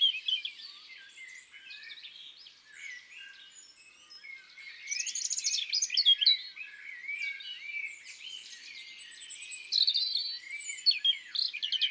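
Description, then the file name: European robin song, a long stream of varied high twittering and whistled notes that grows louder midway. Recorded in woods and forests. "Rougegorge familier Chants doiseaux des bois et des forets"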